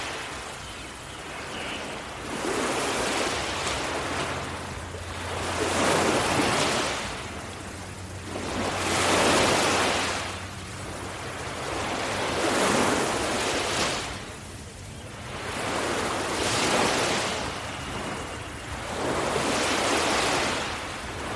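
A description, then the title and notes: Ocean waves wash in and out at a steady rhythm, each swell rising and fading every three or four seconds in a soft, hissing rush. A faint low hum sits underneath, with a light breeze filling the gaps between surges. Ocean waves. Imagine sitting on the beach at dusk; awaiting the sunset. All Raw and mixed audio recorded on: Focusrite Scarlett CM25, Focusrite Scarlett 2i2 Audio interface.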